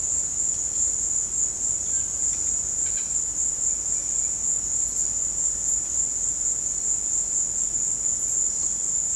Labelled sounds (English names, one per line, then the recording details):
none
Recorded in pastures near Puerto Asís, Putumayo, Colombia, on 22 December 2024 at 16:00
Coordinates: 0.466, -76.322
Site G040